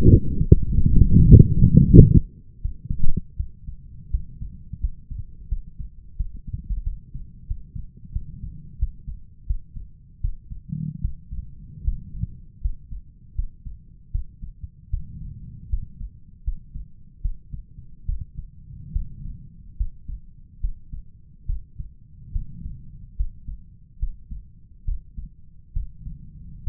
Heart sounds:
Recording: heart sounds by stethoscope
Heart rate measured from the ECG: 78 bpm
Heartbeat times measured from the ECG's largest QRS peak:
0.35 s: heartbeat
1.10 s: heartbeat
1.85 s: heartbeat
2.61 s: heartbeat
3.36 s: heartbeat
4.10 s: heartbeat
4.79 s: heartbeat
5.48 s: heartbeat
6.16 s: heartbeat
6.83 s: heartbeat
7.47 s: heartbeat
8.12 s: heartbeat
8.78 s: heartbeat
9.46 s: heartbeat
10.20 s: heartbeat
11.00 s: heartbeat
11.83 s: heartbeat
12.60 s: heartbeat
13.34 s: heartbeat
14.11 s: heartbeat
14.89 s: heartbeat
15.69 s: heartbeat
16.43 s: heartbeat
17.21 s: heartbeat
18.05 s: heartbeat
18.92 s: heartbeat
19.76 s: heartbeat
20.60 s: heartbeat
21.46 s: heartbeat
22.32 s: heartbeat
23.16 s: heartbeat
23.99 s: heartbeat
24.84 s: heartbeat
25.73 s: heartbeat
26.63 s: heartbeat
From the record:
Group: healthy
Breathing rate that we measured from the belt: 16 breaths a minute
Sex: male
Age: 35 years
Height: 178 cm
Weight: 64 kg

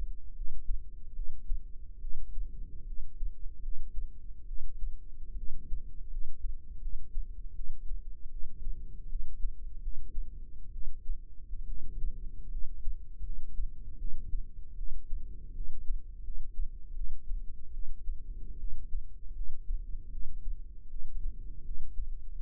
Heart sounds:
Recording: heart sounds by microphone in the right ear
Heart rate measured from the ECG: 76 bpm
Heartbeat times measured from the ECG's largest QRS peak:
0.34 s: heartbeat
1.14 s: heartbeat
2.00 s: heartbeat
2.85 s: heartbeat
3.61 s: heartbeat
4.46 s: heartbeat
5.36 s: heartbeat
6.09 s: heartbeat
6.80 s: heartbeat
7.54 s: heartbeat
8.29 s: heartbeat
9.08 s: heartbeat
9.80 s: heartbeat
10.71 s: heartbeat
11.66 s: heartbeat
12.49 s: heartbeat
13.22 s: heartbeat
13.97 s: heartbeat
14.75 s: heartbeat
15.53 s: heartbeat
16.22 s: heartbeat
16.94 s: heartbeat
17.72 s: heartbeat
18.58 s: heartbeat
19.34 s: heartbeat
20.10 s: heartbeat
20.89 s: heartbeat
21.63 s: heartbeat
22.33 s: heartbeat
From the record:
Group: healthy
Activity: rest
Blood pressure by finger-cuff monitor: 111/75 mmHg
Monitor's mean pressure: 88 mmHg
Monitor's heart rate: 76 bpm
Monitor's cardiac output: 6.2 L/min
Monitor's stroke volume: 82 mL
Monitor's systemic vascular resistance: 1020 dyn s/cm5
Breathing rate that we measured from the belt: 19 breaths a minute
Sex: female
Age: 22 years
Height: 157 cm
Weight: 47.6 kg

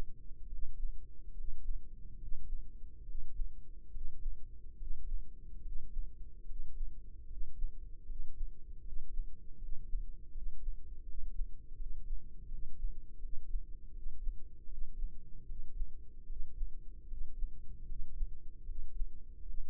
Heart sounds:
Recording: heart sounds by microphone in the right ear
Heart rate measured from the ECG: 76 bpm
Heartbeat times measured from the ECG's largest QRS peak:
0.46 s: heartbeat
1.32 s: heartbeat
2.15 s: heartbeat
3.02 s: heartbeat
3.88 s: heartbeat
4.74 s: heartbeat
5.59 s: heartbeat
6.43 s: heartbeat
7.24 s: heartbeat
8.03 s: heartbeat
8.79 s: heartbeat
9.55 s: heartbeat
10.29 s: heartbeat
11.01 s: heartbeat
11.73 s: heartbeat
12.45 s: heartbeat
13.16 s: heartbeat
13.90 s: heartbeat
14.65 s: heartbeat
15.43 s: heartbeat
16.24 s: heartbeat
17.05 s: heartbeat
17.83 s: heartbeat
18.63 s: heartbeat
19.42 s: heartbeat
From the record:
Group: healthy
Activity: breath hold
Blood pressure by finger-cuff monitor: 100/61 mmHg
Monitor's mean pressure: 69 mmHg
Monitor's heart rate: 74 bpm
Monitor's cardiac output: 5.2 L/min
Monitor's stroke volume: 69 mL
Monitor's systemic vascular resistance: 950 dyn s/cm5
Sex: male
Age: 20 years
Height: 167 cm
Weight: 61 kg

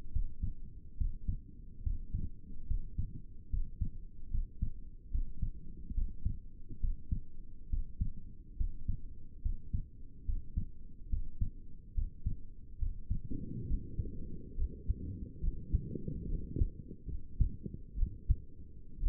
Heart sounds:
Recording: heart sounds by stethoscope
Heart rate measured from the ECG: 70 bpm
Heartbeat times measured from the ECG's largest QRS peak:
0.13 s: heartbeat
0.99 s: heartbeat
1.84 s: heartbeat
2.68 s: heartbeat
3.51 s: heartbeat
4.32 s: heartbeat
5.12 s: heartbeat
5.96 s: heartbeat
6.82 s: heartbeat
7.71 s: heartbeat
8.58 s: heartbeat
9.43 s: heartbeat
10.27 s: heartbeat
11.11 s: heartbeat
11.96 s: heartbeat
12.80 s: heartbeat
13.68 s: heartbeat
14.58 s: heartbeat
15.42 s: heartbeat
16.28 s: heartbeat
17.08 s: heartbeat
17.97 s: heartbeat
19.02 s: heartbeat
From the record:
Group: healthy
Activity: Valsalva maneuver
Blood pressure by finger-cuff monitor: 101/64 mmHg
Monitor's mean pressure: 74 mmHg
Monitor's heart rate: 71 bpm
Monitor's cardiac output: 5.9 L/min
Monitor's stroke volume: 83 mL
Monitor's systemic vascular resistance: 860 dyn s/cm5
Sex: male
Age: 22 years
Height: 181 cm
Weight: 79 kg

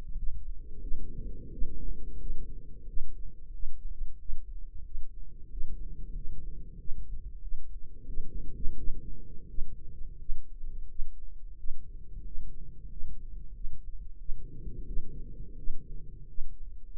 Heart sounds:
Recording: heart sounds by microphone in the right ear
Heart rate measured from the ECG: 89 bpm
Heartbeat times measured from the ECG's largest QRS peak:
0.16 s: heartbeat
0.80 s: heartbeat
1.50 s: heartbeat
2.18 s: heartbeat
2.86 s: heartbeat
3.51 s: heartbeat
4.18 s: heartbeat
4.83 s: heartbeat
5.49 s: heartbeat
6.13 s: heartbeat
6.77 s: heartbeat
7.41 s: heartbeat
8.06 s: heartbeat
8.76 s: heartbeat
9.47 s: heartbeat
10.18 s: heartbeat
10.87 s: heartbeat
11.56 s: heartbeat
12.23 s: heartbeat
12.88 s: heartbeat
13.53 s: heartbeat
14.17 s: heartbeat
14.85 s: heartbeat
15.56 s: heartbeat
16.26 s: heartbeat
16.96 s: heartbeat
From the record:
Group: healthy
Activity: rest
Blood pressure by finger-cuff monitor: 115/73 mmHg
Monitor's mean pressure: 86 mmHg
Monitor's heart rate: 90 bpm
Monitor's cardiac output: 7.7 L/min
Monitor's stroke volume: 84 mL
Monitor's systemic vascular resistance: 810 dyn s/cm5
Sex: male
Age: 33 years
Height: 179 cm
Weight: 80.4 kg

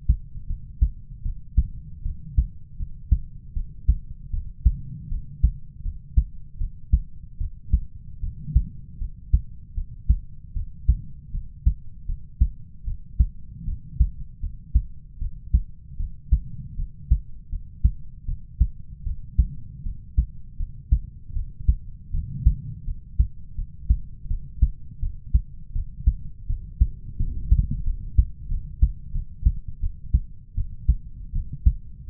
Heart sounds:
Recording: heart sounds by stethoscope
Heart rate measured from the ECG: 80 bpm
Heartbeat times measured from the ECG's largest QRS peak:
0.46 s: heartbeat
1.22 s: heartbeat
2.02 s: heartbeat
2.76 s: heartbeat
3.53 s: heartbeat
4.30 s: heartbeat
5.08 s: heartbeat
5.82 s: heartbeat
6.57 s: heartbeat
7.37 s: heartbeat
8.20 s: heartbeat
8.98 s: heartbeat
9.74 s: heartbeat
10.53 s: heartbeat
11.31 s: heartbeat
12.05 s: heartbeat
12.84 s: heartbeat
13.64 s: heartbeat
14.39 s: heartbeat
15.18 s: heartbeat
15.96 s: heartbeat
16.75 s: heartbeat
17.49 s: heartbeat
18.25 s: heartbeat
19.03 s: heartbeat
19.82 s: heartbeat
20.56 s: heartbeat
21.33 s: heartbeat
22.11 s: heartbeat
22.84 s: heartbeat
23.55 s: heartbeat
24.27 s: heartbeat
24.99 s: heartbeat
25.72 s: heartbeat
26.46 s: heartbeat
27.16 s: heartbeat
27.83 s: heartbeat
28.48 s: heartbeat
29.11 s: heartbeat
29.80 s: heartbeat
30.54 s: heartbeat
31.32 s: heartbeat
32.06 s: heartbeat
From the record:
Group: healthy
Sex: male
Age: 20 years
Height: 187 cm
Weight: 68.9 kg

